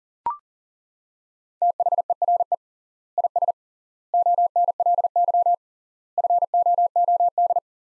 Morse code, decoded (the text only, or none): THERE IS ONLY FOOD